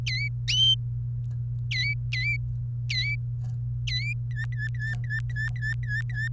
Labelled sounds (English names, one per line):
Domestic Canary song